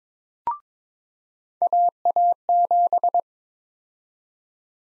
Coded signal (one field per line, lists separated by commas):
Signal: Morse code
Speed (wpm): 22 wpm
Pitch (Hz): 700 Hz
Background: none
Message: AA7